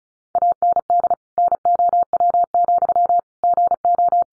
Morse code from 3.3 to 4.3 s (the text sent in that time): GO